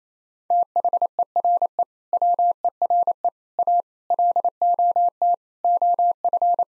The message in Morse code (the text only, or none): THERE WERE A LOT OF